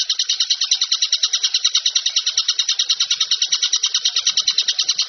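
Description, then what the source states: Bird song, an unbroken high chattering trill of rapid, even pulses without pause. Masteran bird song.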